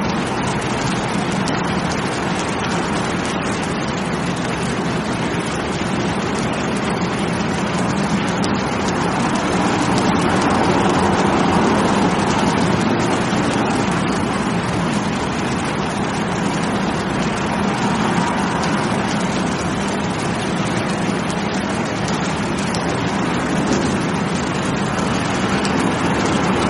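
Rain falls steadily and densely in a city, a thick, even hiss spread from low to high with a rushing, traffic-like rumble underneath. The level barely changes over the half minute, swelling slightly around ten to thirteen seconds, with no distinct separate events.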